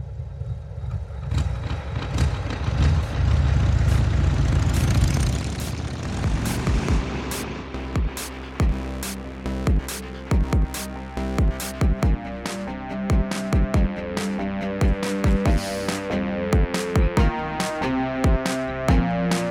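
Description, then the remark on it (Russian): A racing motorcycle engine at a road race on the Isle of Man roars loudly as it passes behind trees, then drops through several downshifts before a corner, with sharp cracks and pops between the revving, changing pitch steps, with no voices. “дикий просто рокот, который ты слышишь в громкоговоритель, он сначала пропадает из громкоговорителя, появляется где-то за деревьями неподалеку, и впоследствии слышишь, как он идет на понижение перед тем поворотом, на котором ты сидишь.”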